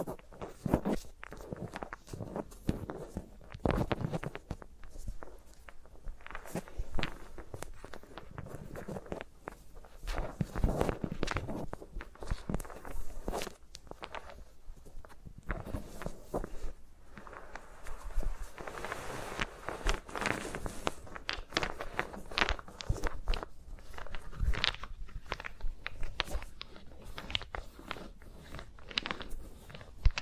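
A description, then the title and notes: Fingers move around microphones, making a dense, irregular stream of soft taps, brushes and scratchy rustles with no talking. The sounds come in quick clusters throughout, with fuller, louder swipes around 4, 10 and 19 to 21 seconds. ASMR with Mics Around My Fingers (No Talking).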